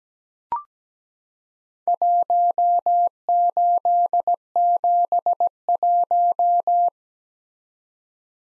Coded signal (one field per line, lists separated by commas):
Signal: Morse code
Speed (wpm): 17 wpm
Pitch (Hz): 700 Hz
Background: none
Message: 1871